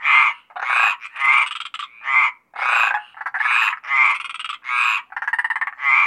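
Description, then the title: Mediterranean tree frog chorus: harsh, buzzy croaks following one another in quick succession, with brief gaps. Several Mediterranean tree frogs calling at Apt, Vaucluse, in June 2010. "Sylvain Jaskowiak - Animus. Rainettes méridionales - Apt, Vaucluse - juin 2010"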